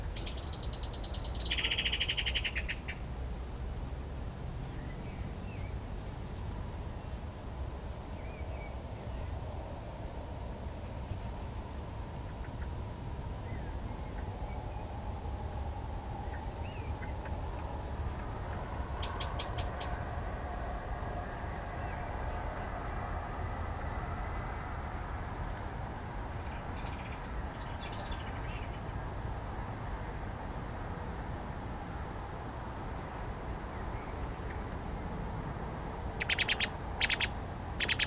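Birds squabble in a blackthorn thicket, with sharp bright chirps at the start, a quick burst around nineteen seconds, and a cluster of rapid calls near the end. Between them, a steady low rumble and hiss fill the background, with faint softer calls drifting in.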